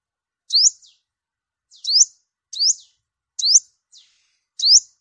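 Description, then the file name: Sunbird calls: sharp, high, upward-sweeping chirps given singly, about one per second, five in all, with silence between. "tieng-hut-mat-5-mau-liu"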